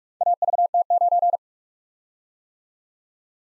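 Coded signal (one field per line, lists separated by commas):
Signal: Morse code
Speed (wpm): 46 wpm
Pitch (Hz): 700 Hz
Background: none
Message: AVT9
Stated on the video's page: Morse practice of random four-character letter-number groups at 45 wpm for head-copy.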